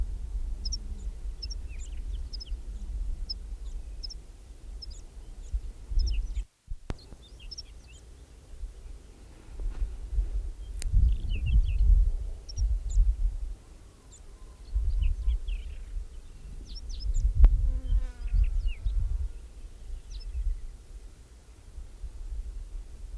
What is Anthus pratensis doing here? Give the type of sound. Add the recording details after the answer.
call. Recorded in the wild. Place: Linum, Brandenburg, DE. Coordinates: 52.759, 12.876. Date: 1971-05-03. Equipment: Nagra III BH, Sennheiser MD 21, parabola. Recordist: Schubert, Michael